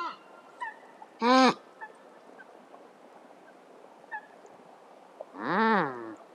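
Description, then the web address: Coypu contact calls, two loud moaning, harmonic cries about four seconds apart, with fainter short calls in between. Contact calls of coypu from a wetland area. "Sissonne. Ragondin cris contact"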